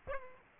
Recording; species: mosquito wingbeat signal from an infrared sensor; Aedes aegypti